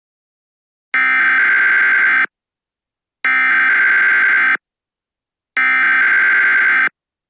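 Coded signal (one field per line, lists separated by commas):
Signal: Emergency Alert System (SAME) tones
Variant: header bursts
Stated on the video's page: Fictional EAS scenario, not a real alert.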